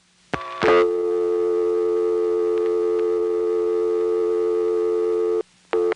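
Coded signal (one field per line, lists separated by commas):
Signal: telephone call progress tone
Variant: North America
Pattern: dial tone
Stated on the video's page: Old telephone network recording from an NX1 crossbar exchange in Greenville NC.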